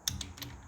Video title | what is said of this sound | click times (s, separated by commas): Working on our TRACTOR! (1979 Ford 4600, 3Cyl. Diesel) | It is like so slight. Yeah, it's clicking right | 0.1 s, 0.2 s